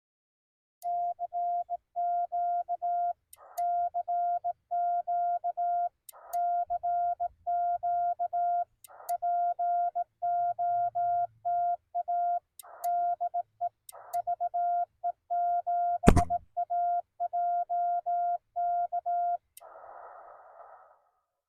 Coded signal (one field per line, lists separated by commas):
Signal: Morse code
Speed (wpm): 18 wpm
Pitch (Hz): 700 Hz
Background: none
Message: CQ CQ CQ POTA DE VE7AJK